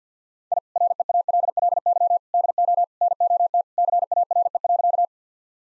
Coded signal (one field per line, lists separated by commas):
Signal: Morse code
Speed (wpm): 50 wpm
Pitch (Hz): 700 Hz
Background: none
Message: I REALLY DO NOT CARE.